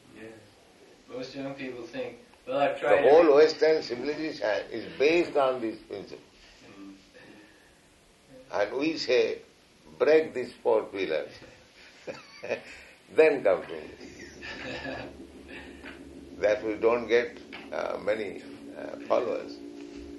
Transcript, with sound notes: Most young people think, “Well I’ve tried it…”
The whole Western civilization is based on these principles, and we say break these four pillars [laughing], then come to me. That we don’t get many followers.